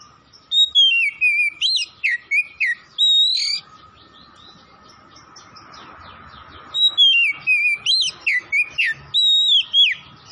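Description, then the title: Oriental magpie-robin singing bright, sliding whistles in two lively bursts, with a quiet steady hum in the gap. Tretes, singing vigorously (gacor). "Kacer Tretes Gacor"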